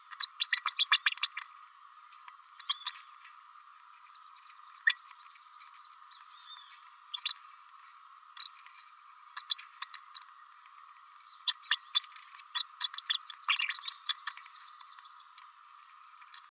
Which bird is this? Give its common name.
Green-rumped Parrotlet